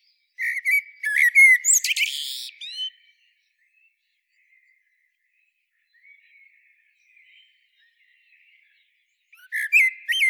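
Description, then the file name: Common blackbird calls: a squeaky, chattering burst at the start, long near-silence with faint notes, then another squeaky phrase at the end. "Turdus merula"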